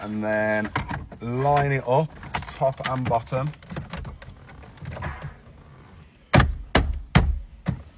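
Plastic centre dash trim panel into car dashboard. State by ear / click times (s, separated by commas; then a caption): seated / 6.4 s, 6.8 s, 7.2 s. Someone talks while a plastic centre dash trim panel, with the new CarPlay unit and hazard switch plugged in, is lined up top and bottom and pressed into a Fiat 500 dashboard. Its plastic retaining clips snap into place with three sharp clicks at 6.4, 6.8 and 7.2 seconds, and the panel is seated.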